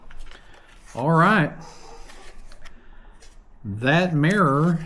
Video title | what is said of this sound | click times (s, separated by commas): Muth Mirrors, Let's get them on the bike !!! | 2. You got to hear 2 snaps. | 0.1 s, 0.3 s